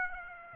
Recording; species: mosquito wingbeat signal from an infrared sensor; Aedes aegypti